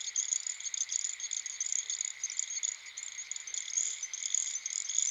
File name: dan-gibsons-solitudes little-grass-frog